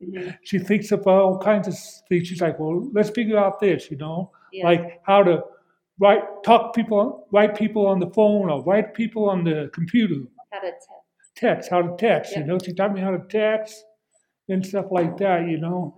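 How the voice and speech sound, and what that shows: Adult man with aphasia after a stroke speaking in conversation with his speech-language pathologist, in speech therapy. Connected, fluent-sounding speech with pauses, fillers and repeated phrases.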